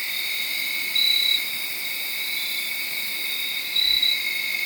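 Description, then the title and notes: Crickets in a steady chorus, a nearer cricket giving two short pulsed chirps about three seconds apart. Made around midnight, late Saturday night into Sunday morning, under a tree in Sharon, Pennsylvania. "Crickets (field recording). late on Saturday night/Sunday morning. The location was in Sharon, Pennsylvania, under a tree"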